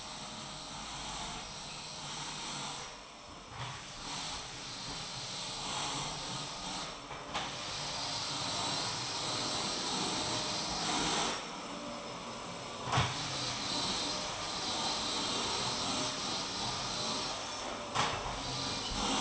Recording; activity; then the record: daily activity, microphone in the room; vacuum cleaning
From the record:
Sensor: 1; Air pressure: 1002.0 hPa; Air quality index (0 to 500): 242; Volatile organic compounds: 47 ppm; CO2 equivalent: 3255 ppm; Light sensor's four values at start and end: 8/28/10/11 and 8/27/10/11